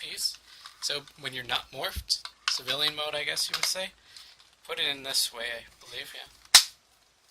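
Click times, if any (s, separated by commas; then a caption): 6.6 s. A Mighty Morphin Power Rangers Movie Legacy Power Morpher, Red Ranger Edition, toy morpher is pushed into its plastic belt buckle piece while someone talks. It locks into place with one sharp, loud snap at 6.6 seconds, so it won't fall out.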